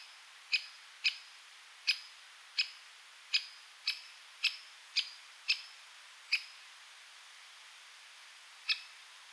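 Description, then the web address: Great spotted woodpecker giving sharp single 'kik' notes at uneven intervals, a quick cluster and then a long pause before a last call. "Aktivitetsbanken. Fuglelyder Flaggspett"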